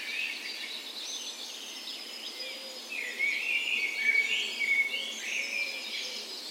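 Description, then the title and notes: Birds: dawn chorus with softer overlapping bird song, high thin whistles and chirps, a louder phrase in the middle. Recorded in a park west in Bergen, Norway, on the morning of 17 May, Norway's National Day, in spring; Sony PCM A10 recorder with LOM Usi microphones as tree ears. "17th Of May Dawn Chorus. Recorded on the morning of Norways National Day the 17th of May in a park west in Bergen. Spring is in full effect, and the dawn chorus sounds wonderful!"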